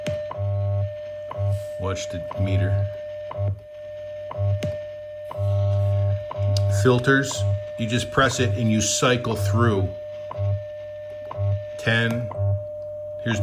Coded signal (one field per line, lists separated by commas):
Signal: radio time signal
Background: speech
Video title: Lowe HF-250 software v 1.4